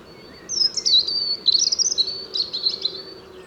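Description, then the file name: European robin song: a rapid series of high, thin, tinkling and sliding warbled notes over low background noise. "Erithacus rubecula"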